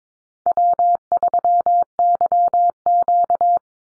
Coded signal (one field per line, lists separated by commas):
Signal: Morse code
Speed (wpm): 22 wpm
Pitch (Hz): 700 Hz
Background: none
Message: W3YQ